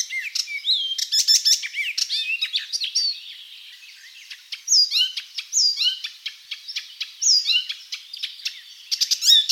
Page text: Пересмешка зелёная. Голоса птиц.